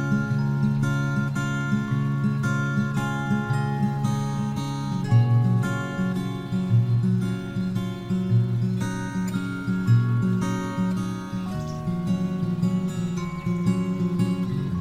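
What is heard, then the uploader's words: Relaxing guitar music plays steadily throughout, with notes changing at an even, unhurried pace over a warm, full low end. Chords ring and overlap, and bright upper tones sparkle above the bass. The loudness stays fairly level from start to finish. Relaxing guitar music.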